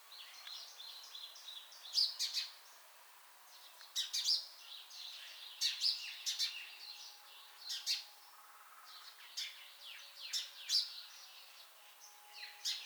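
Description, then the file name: House sparrow chirping: a busy run of quick, sharp high chirps, some in twos and threes. "Passer domesticus"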